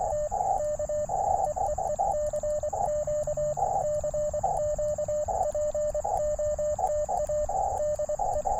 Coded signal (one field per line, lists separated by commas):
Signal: Morse code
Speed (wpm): 24 wpm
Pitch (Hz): 600 Hz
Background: radio noise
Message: T K EEE CQ CQ POTA DE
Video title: Quick CW POTA at US-4567 with the Elecraft KX2 and Gabil GRA 7350TC antenna